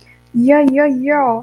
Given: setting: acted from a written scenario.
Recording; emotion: vocal sound without words; pride